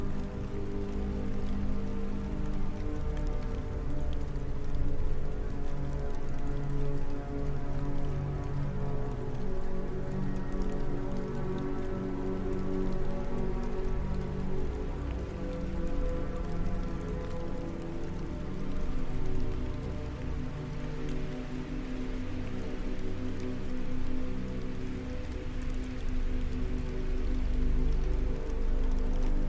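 Soft ambient backing music holds long, steady low tones and layered chords with little change throughout. Light rain patters over it as a fine, constant hiss of tiny drops. The overall level stays even from start to finish, with no sudden events.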